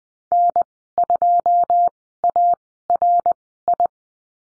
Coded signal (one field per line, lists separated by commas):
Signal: Morse code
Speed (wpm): 20 wpm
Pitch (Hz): 700 Hz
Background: none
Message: N2ARI